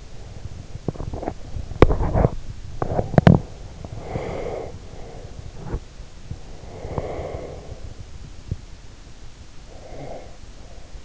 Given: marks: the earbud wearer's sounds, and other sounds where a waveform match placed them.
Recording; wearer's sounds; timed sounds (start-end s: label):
sounds in sleep by an in-ear microphone; breath, body movement
0.00-1.81 s: breath
0.77-3.51 s: body movement
3.14-5.91 s: breath
6.37-8.19 s: breath
9.63-11.04 s: breath